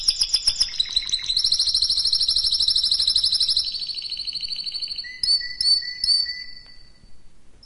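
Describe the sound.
Canary song opening with quick choppy notes, then a long sustained trill, ending with a few separated sharp chirps.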